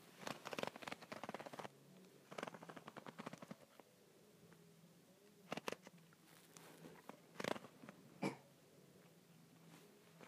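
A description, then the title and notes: A handle being twisted and turned, heard as bursts of rapid clicking and ratcheting. The first burst runs for about the opening four seconds, then sharper clicks and snaps come near five and a half, seven and a half, and eight seconds over a faint low hum. ASMR Twisting and Turning a Handle.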